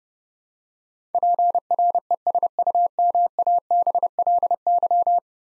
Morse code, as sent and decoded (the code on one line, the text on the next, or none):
.--. .-. . ... ..- -- .- -... .-.. -.--
PRESUMABLY